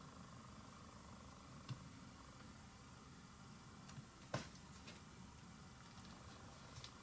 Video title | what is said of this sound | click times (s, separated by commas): The Perfect Strap for My Omega Speedmaster! | you'll hear a click which gives you an indication of it sitting properly but | 4.3 s